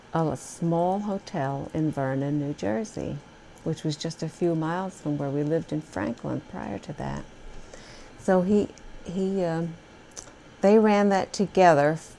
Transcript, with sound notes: a small hotel in Vernon, New Jersey, which was just a few miles from where we lived in Franklin prior to that. (a machine is heard humming in the background) So they ran that together.